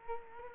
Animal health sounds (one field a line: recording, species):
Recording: mosquito wingbeat signal from an infrared sensor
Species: Culex quinquefasciatus